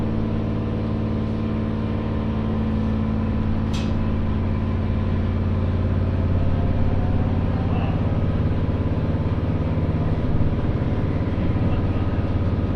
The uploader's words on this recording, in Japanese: 耳で楽しむ鉄道旅 室蘭本線 小幌→洞爺。